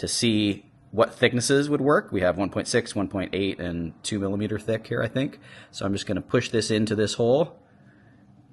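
A small off-the-shelf push-in rubber or plastic foot with a cone-shaped retaining feature is handled beside a hole in a printed tuning plate with sections 1.6, 1.8 and 2 mm thick, ready to be pushed in until it pops and locks in place. A man talks throughout in what sounds like a small room. Nothing has seated or clicked yet.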